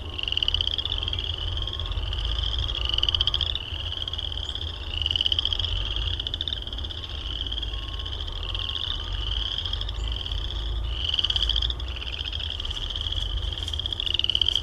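Frogs calling, a steady series of short rising high chirps over a constant low rumble.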